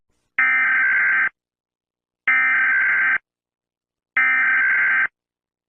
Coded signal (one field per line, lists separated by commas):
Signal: Emergency Alert System (SAME) tones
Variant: header bursts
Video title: End of the World - an EAS Scenario